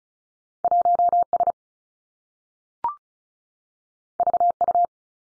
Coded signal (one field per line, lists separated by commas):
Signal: Morse code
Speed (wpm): 36 wpm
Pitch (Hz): 700 Hz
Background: none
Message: 1 S V U